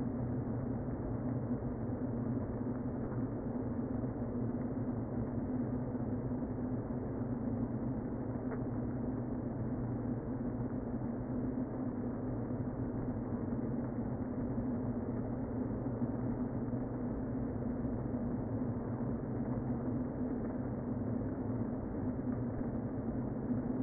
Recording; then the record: honeybee colony, microphone inside the hive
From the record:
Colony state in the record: queen present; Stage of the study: before two queens were removed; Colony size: about 60,000 bees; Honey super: yes